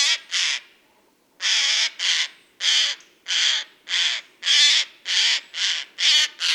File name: Garrulus glandarius